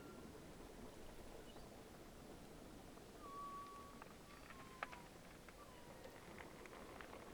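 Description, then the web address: Rorqual calls: faint tonal notes, one flat and others gently falling, against constant hiss and scattered clicks. Recorded in Norway on 15 December 2022 at 02:27. "college France rorqual Norvege"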